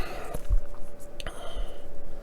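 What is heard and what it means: A plastic pelvis armour piece is worked and pushed into position on the leg and hip frame of an Iron Man model kit. Soft handling and rubbing noises are heard, with two brief sharp taps around 1.2 s and 1.3 s. Nothing has seated or clicked yet.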